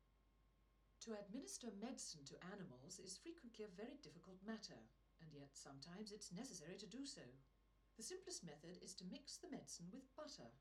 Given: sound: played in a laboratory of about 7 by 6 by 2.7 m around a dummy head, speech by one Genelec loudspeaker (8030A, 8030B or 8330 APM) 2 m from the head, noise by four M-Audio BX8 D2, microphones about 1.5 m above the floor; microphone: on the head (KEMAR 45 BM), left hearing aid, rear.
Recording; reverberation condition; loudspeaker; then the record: female speech in English; low; behind (180 degrees)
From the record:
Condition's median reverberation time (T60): about 310 ms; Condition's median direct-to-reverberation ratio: about 3.5 dB